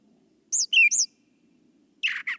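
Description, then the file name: Brown thrasher song fragment: a doubled high sweeping phrase followed by a harsher, buzzy phrase, over a faint low hum. "suara kicauan brown thrasher. omkicau"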